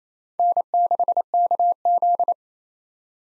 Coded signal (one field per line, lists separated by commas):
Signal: Morse code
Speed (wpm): 28 wpm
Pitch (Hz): 700 Hz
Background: none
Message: N6KZ